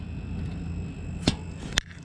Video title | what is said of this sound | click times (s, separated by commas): Ultimate Off-Road Camper -- How To Replace and Adjust the Brake Shoes | Hear it click away. That's it. | 1.8 s